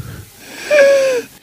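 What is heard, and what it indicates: Adult voice imitating a wheeze: a single high-pitched musical whistling tone, the nighttime noise an elderly woman with asthma makes while asleep, which lay people may call rattling or crackling.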